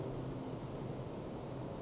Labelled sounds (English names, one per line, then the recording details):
Western Flycatcher
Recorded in Sonoma County, California